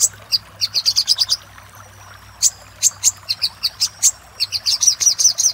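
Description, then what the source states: Little spiderhunter singing fast series of thin, high chips, some notes sliding, delivered in uneven bursts separated by brief gaps over a low steady hum. For training cage birds.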